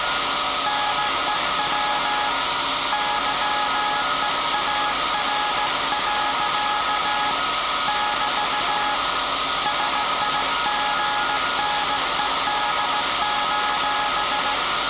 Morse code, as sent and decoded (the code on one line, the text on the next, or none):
-. . .-- / -.-- . .- .-. .-.-.- / -...- / ... .. --. -. . -.. ---...
NEW YEAR. <BT> SIGNED: